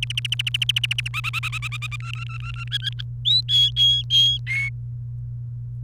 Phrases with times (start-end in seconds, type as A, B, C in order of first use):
0.02-1.08 A, 1.14-1.96 B, 2.00-2.64 C, 2.67-3.01 D, 3.25-3.41 E, 3.48-4.69 F